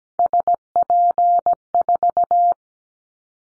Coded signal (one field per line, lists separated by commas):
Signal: Morse code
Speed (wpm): 17 wpm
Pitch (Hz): 700 Hz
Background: none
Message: SP4